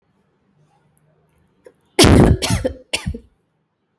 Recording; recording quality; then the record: shallow voluntary cough; excellent, no background noise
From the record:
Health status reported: healthy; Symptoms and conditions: none ticked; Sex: female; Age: 30 years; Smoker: not ticked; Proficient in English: yes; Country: India